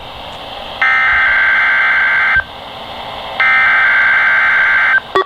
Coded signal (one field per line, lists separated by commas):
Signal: Emergency Alert System (SAME) tones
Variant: header bursts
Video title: Tropoful Required Weekly Tests | EAS #891 - #892